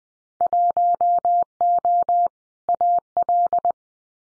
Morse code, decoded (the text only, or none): 1O AL